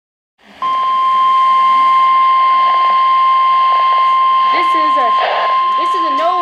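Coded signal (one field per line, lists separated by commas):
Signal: Emergency Alert System (SAME) tones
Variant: 1050 Hz attention tone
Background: speech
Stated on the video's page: Required weekly test received on NOAA Weather Radio, 162.400 MHz.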